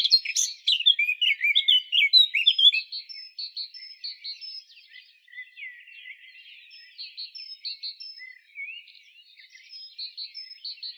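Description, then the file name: Eurasian blackcap giving a rapid, scratchy warble of mixed chirps and short whistles, loud at first and then softer, with a quiet repeated high note. "Sylvia atricapilla"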